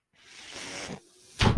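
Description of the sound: A soft airy whoosh lasts under a second, then a pause and a sharp burst of air, the sound of a personal mechanical ventilator delivering breaths.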